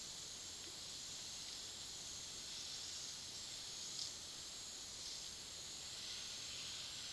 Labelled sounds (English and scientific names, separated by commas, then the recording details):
none
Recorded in pastures near Puerto Asís, Putumayo, Colombia, on 21 February 2024 at 17:30
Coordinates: 0.497, -76.327
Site G7276